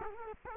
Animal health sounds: mosquito wingbeat signal from an infrared sensor; Culex quinquefasciatus

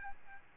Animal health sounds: mosquito wingbeat signal from an infrared sensor; Aedes albopictus

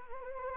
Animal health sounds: mosquito wingbeat signal from an infrared sensor; Anopheles gambiae

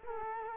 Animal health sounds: mosquito wingbeat signal from an infrared sensor; Culex quinquefasciatus

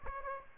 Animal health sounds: mosquito wingbeat signal from an infrared sensor; Aedes aegypti

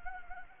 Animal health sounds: mosquito wingbeat signal from an infrared sensor; Anopheles gambiae

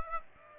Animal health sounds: mosquito wingbeat signal from an infrared sensor; Aedes aegypti

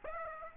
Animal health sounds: mosquito wingbeat signal from an infrared sensor; Aedes aegypti

